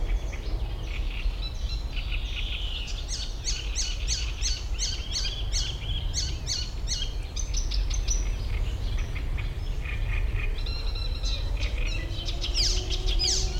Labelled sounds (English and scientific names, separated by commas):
Great Reed Warbler (Acrocephalus arundinaceus)